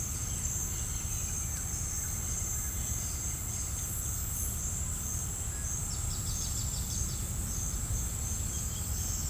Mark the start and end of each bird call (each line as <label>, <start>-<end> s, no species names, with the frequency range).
bird call (3.0-5.8 kHz), 5.81-7.30 s